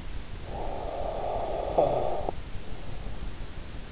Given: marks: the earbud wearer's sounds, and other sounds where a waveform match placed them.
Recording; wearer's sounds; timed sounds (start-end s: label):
sounds in sleep by an in-ear microphone; snoring breath
0.25-3.41 s: snoring breath